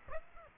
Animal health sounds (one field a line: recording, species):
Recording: mosquito wingbeat signal from an infrared sensor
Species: Aedes aegypti